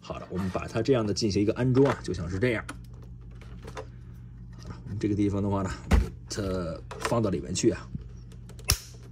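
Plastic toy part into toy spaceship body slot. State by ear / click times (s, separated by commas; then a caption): seated / 8.7 s. Someone talks while pushing a plastic part into its slot on a Buzz Lightyear Test & Crash XL-01 toy spaceship, with faint plastic handling ticks along the way. A few quick ticks lead into a sharp, loud click at 8.7 s as the part snaps home and seats.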